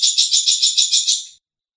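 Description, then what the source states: Long-tailed shrike giving a short, buzzy trill of about eight rapid pulses that fades out. Known locally as cendet; a master song recording used for training songbirds.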